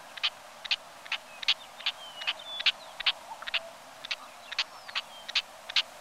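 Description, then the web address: Solitary snipe giving short, sharp repeated notes a little more than twice a second, with faint thin whistles from other birds in the background. "gallinago solitaria"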